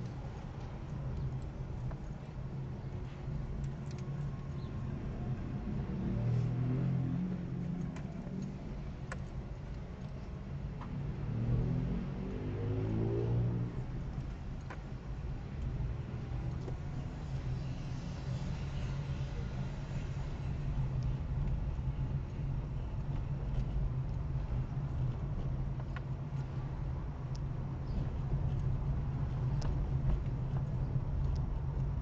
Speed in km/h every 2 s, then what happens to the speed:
14, 14, 12, 7, 7, 11, 10, 13, 17, 18, 19, 20, 21, 22, 23, 22.
0-8 slows to 7. 8-17 speeds up to 18. 17-32 steady at about 21.